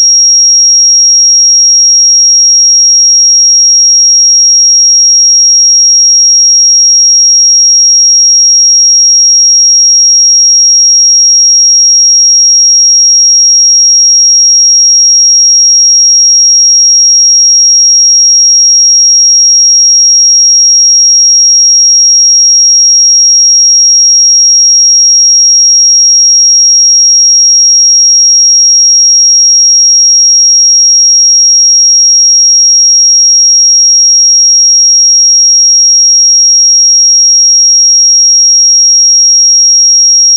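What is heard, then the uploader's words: A pure sine tone at 5610 Hz sounds without a break for the full forty seconds. The high, thin whistle-like pitch holds perfectly steady in both pitch and loudness, with nothing else audible behind it. 5610 Hz 1 Hz Interval Sine Pure Tone Frequency 441000 Sample Mono.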